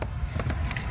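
A second fuel line quick-connector is pushed onto its fuel rail line on a 1999 to 2006 GM engine, with low background rumble and a few small knocks. A sharp snap at 0.8 seconds marks the connector clipping on and seating.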